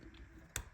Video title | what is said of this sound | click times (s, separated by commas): Front Engine Dragster Progression | They snap right in perfectly. | 0.6 s